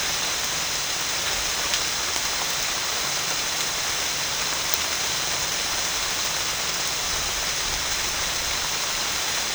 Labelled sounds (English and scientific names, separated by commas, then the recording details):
none
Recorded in secondary vegetation near Puerto Asís, Putumayo, Colombia, on 30 June 2025 at 15:00
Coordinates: 0.498, -76.327
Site GP09